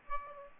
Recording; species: mosquito wingbeat signal from an infrared sensor; Aedes aegypti